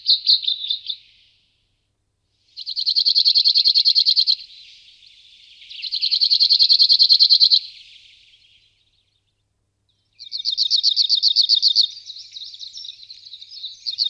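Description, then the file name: Cirl bunting singing a dry, buzzy trill of rapid identical notes, the phrase repeated several times with brief gaps. "Strnad cvrcivy Emberiza cirlus"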